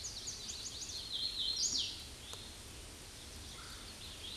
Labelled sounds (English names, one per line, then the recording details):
Hooded Warbler song
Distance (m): 20 m
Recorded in a Pennsylvania forest on 18 May 2023 at 07:33
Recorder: AudioMoth, point grid1_12_low
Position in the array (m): 157 m, 113 m